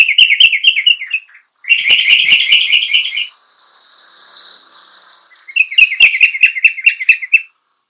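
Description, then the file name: Bulbul song: fast clicking trills alternating with a buzzy warbled stretch, then another long run of rapid chattering notes. "suara kutilang trucukan"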